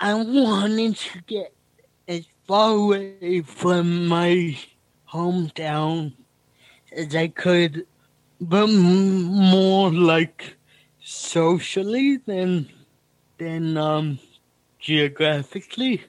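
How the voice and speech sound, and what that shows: Slow, effortful adult male speech with drawn-out sounds, nasal vowels, repeated words and long pauses, fitting dysarthria from cerebral palsy.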